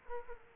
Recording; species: mosquito wingbeat signal from an infrared sensor; Aedes aegypti